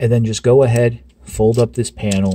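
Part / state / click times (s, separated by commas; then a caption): plastic panel on a transforming robot figure / not seated / none. A plastic panel on a transforming robot action figure is being folded up during its change into robot mode while someone talks. The speech is steady and there are no sharp sounds. Nothing has seated or clicked yet.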